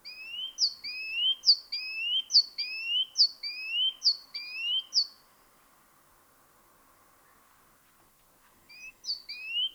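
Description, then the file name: Great tit song, a steady run of several two-note phrases, a high clipped note then a lower rising whistle, a pause, then it restarts. "Parus major"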